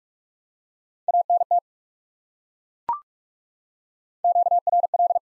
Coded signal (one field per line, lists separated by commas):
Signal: Morse code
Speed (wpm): 42 wpm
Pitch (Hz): 700 Hz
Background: none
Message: ANT QRL